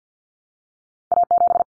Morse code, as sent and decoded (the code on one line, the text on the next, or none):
.- --...
A7